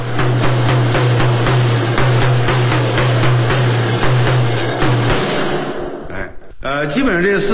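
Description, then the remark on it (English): Fast, driving Taiping drum beats in the chasing style, a loud dense rolling pulse over a steady low hum, breaking off briefly near the end before a few more strikes. “Another one is chasing drum.”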